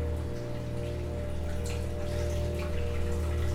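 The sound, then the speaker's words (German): Water runs steadily without pause in a toilet next door, a continuous hissing trickle with faint splashy ticks over a low, constant hum; no voices. “Nebenan läuft die ganze Zeit das Wasser in der Toilette.”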